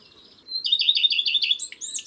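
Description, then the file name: Common redstart singing a short phrase, an opening whistle leading into rapid repeated bright notes and a jumbled, high twittering finish. Garden bird. "Rougequeue a front blanc"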